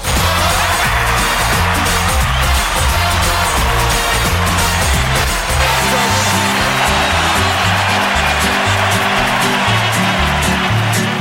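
A crowd at Club Cómplices applauds a singer steadily and loudly for about eleven seconds, a dense continuous clatter of clapping with low instrumental music chords playing underneath.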